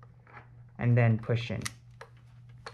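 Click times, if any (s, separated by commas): none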